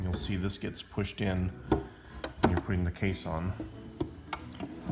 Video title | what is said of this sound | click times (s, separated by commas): TypewriterMinutes - Typewriter Review: 1969 Silver-Seiko (Royal Century) | over you know hear it click | 4.3 s